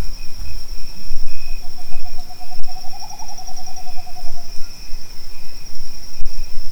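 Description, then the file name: Bird call: a rapid trill of short repeated notes, rising slightly then falling, lasting about three seconds, over a steady high tone and background hiss. "SABIOD 50 bird 2015"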